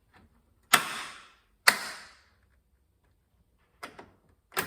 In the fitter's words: And that's 2 clicks.